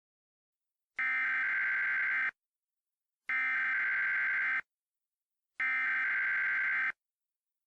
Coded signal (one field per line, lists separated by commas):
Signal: Emergency Alert System (SAME) tones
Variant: header bursts